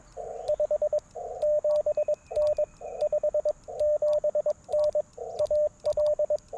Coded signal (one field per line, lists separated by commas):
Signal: Morse code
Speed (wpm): 22 wpm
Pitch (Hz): 590 Hz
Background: radio noise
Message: 57N 57N AL